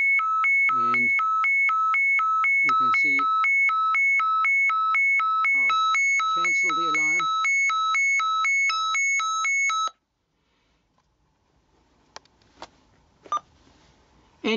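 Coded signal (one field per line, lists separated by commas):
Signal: digital selective calling (DSC)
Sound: warbling alarm alternating two high tones about four times a second, with a man talking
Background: man talking, room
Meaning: A DSC distress call has been received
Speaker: and it's transmitting and here is the alarm and you can see I'll cancel the alarm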